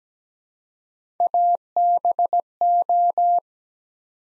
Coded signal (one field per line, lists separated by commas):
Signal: Morse code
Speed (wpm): 17 wpm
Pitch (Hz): 700 Hz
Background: none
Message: ABO